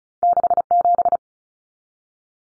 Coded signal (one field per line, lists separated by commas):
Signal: Morse code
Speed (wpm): 34 wpm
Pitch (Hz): 700 Hz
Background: none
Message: 67